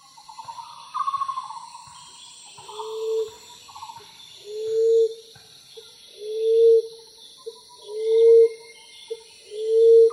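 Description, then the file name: Common emerald dove: after brief higher twittering at the start, low, soft, drawn-out coos begin, each preceded by a tiny note, repeating steadily about every 1.7 seconds. "翠翼鳩"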